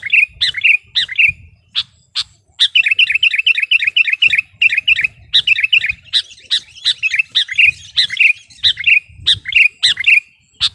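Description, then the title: Sooty-headed bulbul song: dense, bubbly chirping phrases delivered in fast, almost continuous runs with brief pauses. "kutilang"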